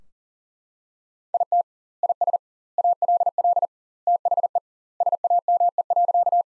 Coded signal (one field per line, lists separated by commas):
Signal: Morse code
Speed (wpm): 40 wpm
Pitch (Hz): 700 Hz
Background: none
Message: IT IS ALL THE SAME.